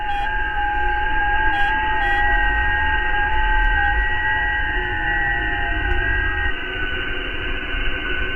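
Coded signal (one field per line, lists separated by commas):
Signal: FT8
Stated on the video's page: Signal from a shortwave broadcast file aired on 9455 kHz and 15770 kHz.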